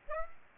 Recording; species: mosquito wingbeat signal from an infrared sensor; Aedes aegypti